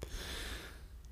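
A single harsh, hissy in-breath from an adult woman lasts about half a second, then fades to near quiet. This is the noisy breathing she makes on every inhalation during an asthma flare brought on by hay fever.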